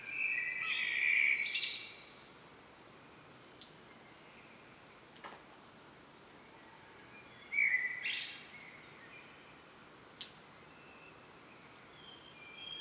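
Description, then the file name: Common blackbird song phrases: a warbled whistle with a high twittering end, a pause with faint clicks, then a shorter second phrase. "Turdus merula"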